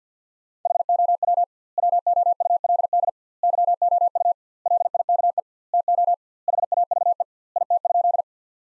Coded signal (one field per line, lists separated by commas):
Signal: Morse code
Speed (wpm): 50 wpm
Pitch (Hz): 700 Hz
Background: none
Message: HOW WOULD YOU LIKE TO HAVE IT?